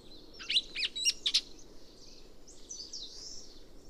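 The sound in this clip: Chestnut-cheeked starling giving a brief cluster of sharp, squeaky notes, followed by softer smeared sounds over a steady background hiss.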